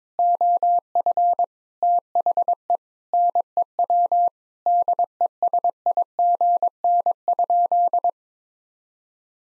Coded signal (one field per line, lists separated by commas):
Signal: Morse code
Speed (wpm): 22 wpm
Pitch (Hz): 700 Hz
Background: none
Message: OF THE NEW DESIGN?